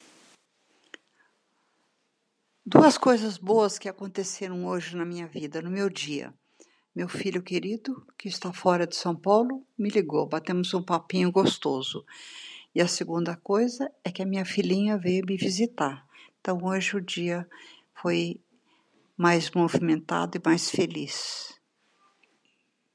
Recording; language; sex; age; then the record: short text; Brazilian Portuguese; female; 80 to 89 years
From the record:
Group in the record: control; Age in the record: 80 years